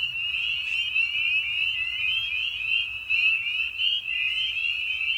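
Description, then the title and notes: Massed spring peepers give high rising peeps that merge into an unbroken shrill chorus. Evening at a frog pond. "Episode 5: Night of the Peepers. we return to the frog pond for a meditative evening. Spring Peeper (Pseudacris crucifer). Ian Carlsen"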